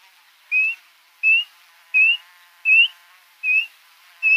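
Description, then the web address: Black-shouldered kite calling, a thin high whistled note with a slight upward slur, repeated steadily about every 0.7 seconds, six times. "Schulze Peter Black-shouldered Kite"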